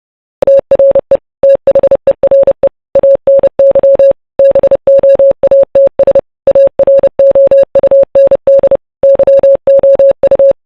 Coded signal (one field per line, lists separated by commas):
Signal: Morse code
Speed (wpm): 30 wpm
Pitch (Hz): 550 Hz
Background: none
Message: TRE THERE ANY BOATS AROUND YOU